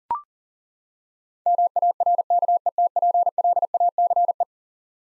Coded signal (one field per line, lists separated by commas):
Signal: Morse code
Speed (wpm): 40 wpm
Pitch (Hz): 700 Hz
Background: none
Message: MARKETPLACE